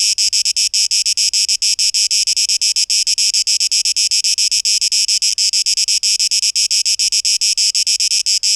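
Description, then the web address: Buzzing cicada song, high and rasping, in rapid pulses with a few brief gaps between bursts. 12 August 2023; tape echo mix. "rauschpartikel Audio 2023-08-12 Zikaden"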